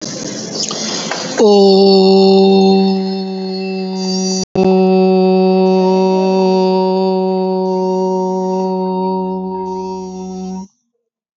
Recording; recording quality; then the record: sustained vowel as in boot; excellent, no background noise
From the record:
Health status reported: healthy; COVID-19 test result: negative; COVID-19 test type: RT-PCR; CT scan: not taken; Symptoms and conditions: none ticked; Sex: male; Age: 27 years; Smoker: no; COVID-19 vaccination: both doses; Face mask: not worn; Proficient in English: yes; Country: India